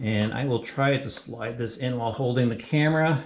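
A LiPo battery's smart connector is being lined up to slide into the charger port while the camera is held. Someone talks throughout, and no distinct hit is heard. Nothing has seated or clicked yet.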